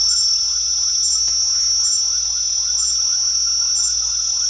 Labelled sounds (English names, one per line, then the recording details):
none
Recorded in pastures near Puerto Asís, Putumayo, Colombia, on 4 March 2025 at 21:00
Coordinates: 0.497, -76.327
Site G072